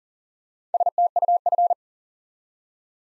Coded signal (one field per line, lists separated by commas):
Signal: Morse code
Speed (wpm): 38 wpm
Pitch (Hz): 700 Hz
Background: none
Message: STUF